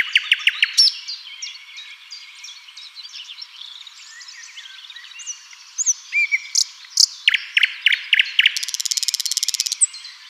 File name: Luscinia megarhynchos